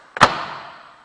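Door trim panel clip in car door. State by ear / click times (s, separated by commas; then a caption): released / 0.2 s. A plastic door trim panel is tugged away from the metal car door at the bottom, and a retaining clip pops out of its hole with a sharp snap at 0.2 s. A short resonant ring fades over the next second, and the clip is released.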